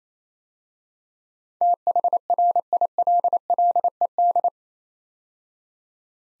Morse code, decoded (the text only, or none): THRILLED